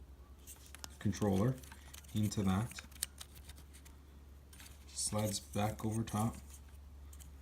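Someone talks while handling the gray wire connector from a Wiseco Fuel Commander fuel controller, which is being plugged into the fuel-injection harness connector on a Yamaha WR250R motorcycle and pushed back over the top. Brief sharp handling ticks and faint rustles are heard between the speech over a steady low hum. The connector has not clicked or seated yet.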